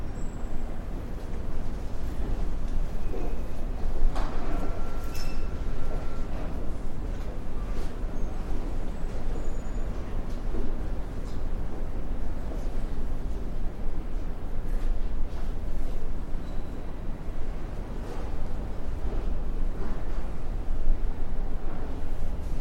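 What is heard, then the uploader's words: Library ambience with a steady low rumble running under the whole stretch, dense and even in loudness. Small scattered clicks, taps and brief bright knocks surface every few seconds, with a short tone near five seconds and faint murmurs in the background. Library Ambience.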